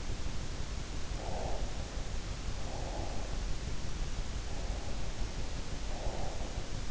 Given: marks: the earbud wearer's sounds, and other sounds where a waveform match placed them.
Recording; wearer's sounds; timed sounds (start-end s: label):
sounds in sleep by an in-ear microphone; breath
1.15-3.48 s: breath
4.52-6.84 s: breath